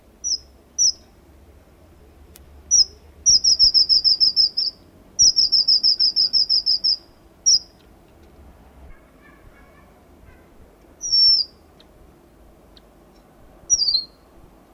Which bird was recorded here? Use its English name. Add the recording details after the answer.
Red Avadavat. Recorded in captivity. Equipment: Halbspur 19 cm. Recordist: Lütgens, Hans